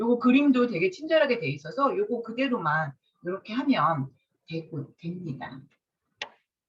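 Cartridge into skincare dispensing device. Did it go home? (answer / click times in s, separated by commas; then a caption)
yes / 6.2 s. A plastic cartridge is lined up using the printed guide and pushed into a skincare dispensing device while someone talks. After the talking stops, a single sharp click at 6.2 s shows the cartridge has seated in the device.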